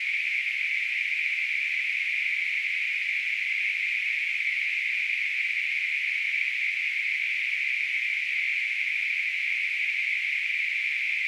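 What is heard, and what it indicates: A steady, unbroken hiss centred in the upper-middle pitch range, about 2 to 3 kHz, holds at constant loudness for about 11 seconds with no low tones. It is a simulated tinnitus sound, a noise-band ringing like what some people with tinnitus perceive.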